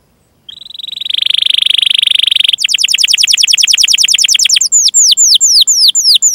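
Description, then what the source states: Canary song opening with a sustained buzzy rolling trill, switching to rapid repeated down-slurred notes that slow into spaced, sharply falling whistles. Canary singing vigorously (gacor) with the best song phrasing (cengkok) and richest fill (isian), for bird-song training.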